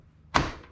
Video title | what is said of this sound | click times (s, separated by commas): Build a 4K Video Editing PC for $850 in 2020! I AMD Ryzen Build | and that's it if the tab locks back into place which it seems that it has then it's installed | 0.4 s